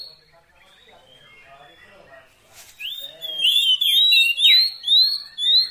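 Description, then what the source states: Oriental magpie-robin song, quiet at first, then from about three seconds loud, varied whistled phrases with sweeping and slurred notes in quick succession. Fill-in (isian) training song meant to make a bird sing constantly (gacor) day and night.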